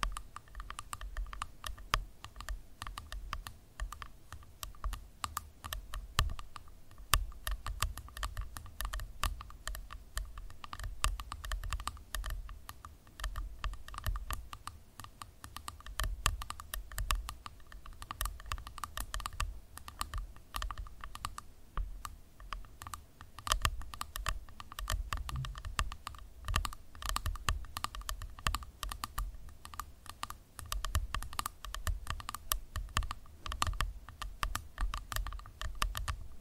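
Tapping, like fingertips on keys, runs without pause for the whole 36 seconds in quick, irregular clusters of crisp clicks. The pace stays busy and fairly even, with no voices. A steady low hum sits underneath throughout.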